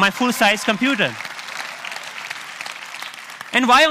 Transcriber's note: applause